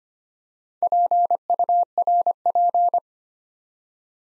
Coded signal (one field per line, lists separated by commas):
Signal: Morse code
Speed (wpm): 25 wpm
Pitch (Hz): 700 Hz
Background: none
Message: PURP